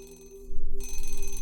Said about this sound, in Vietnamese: Tiếng chuông báo thức làm cho Ánh tỉnh giấc.